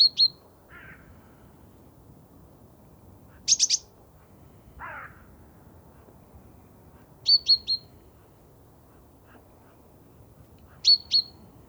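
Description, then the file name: Great tit calls in short clusters of two or three high, clipped notes every few seconds, with a few lower rasping sounds between them over soft steady background noise. "Parus major"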